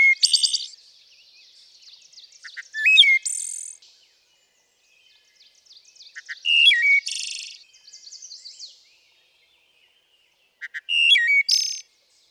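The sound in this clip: Wood thrush song: a series of flute-like phrases a few seconds apart, each with soft low notes, a liquid whistle, then a high buzzy trill.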